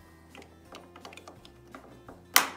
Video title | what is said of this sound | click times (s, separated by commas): How to Replace a Dual Arm Operator for Hurd Windows | can see that the cover just fits over it and should snap into place and then | 2.4 s